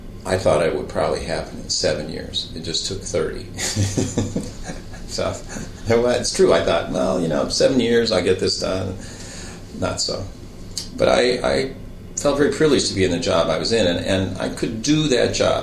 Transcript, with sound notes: I thought I would probably have seven years; it just took thirty. [laughs] Well it's true. I thought well, you know, seven years I'd get this done, not so. I felt very privileged to be in the job I was in and I could do that job.